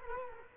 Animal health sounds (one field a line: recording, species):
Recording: mosquito wingbeat signal from an infrared sensor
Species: Culex quinquefasciatus